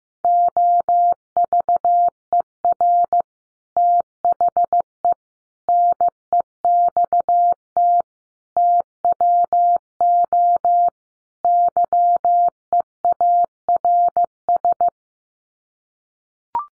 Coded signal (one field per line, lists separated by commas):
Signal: Morse code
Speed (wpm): 14 wpm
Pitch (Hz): 700 Hz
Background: none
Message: OVER THE NEXT TWO YEARS